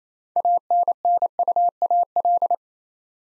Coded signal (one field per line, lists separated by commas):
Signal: Morse code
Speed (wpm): 27 wpm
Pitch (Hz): 700 Hz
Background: none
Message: ANNUAL